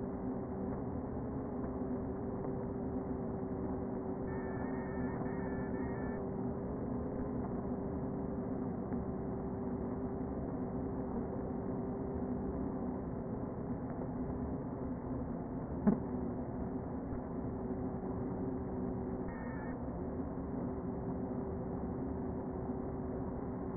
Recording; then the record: honeybee colony, microphone inside the hive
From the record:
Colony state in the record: queen present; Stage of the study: before two queens were removed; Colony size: about 60,000 bees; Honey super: yes